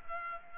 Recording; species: mosquito wingbeat signal from an infrared sensor; Culex pipiens